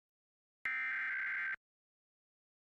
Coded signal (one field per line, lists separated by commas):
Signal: Emergency Alert System (SAME) tones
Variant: header bursts